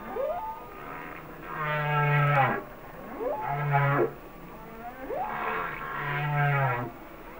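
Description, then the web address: Humpback whale song: deep sustained moans with rising harmonic sweeps, three phrases repeating. "Whale Songs Sounds of Nature - Humpback Whales"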